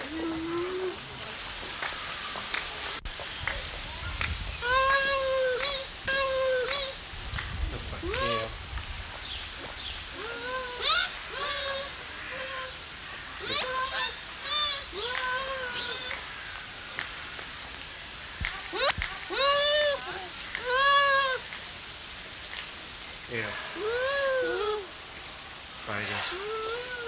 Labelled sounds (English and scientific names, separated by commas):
Bush Dog (Speothos venaticus)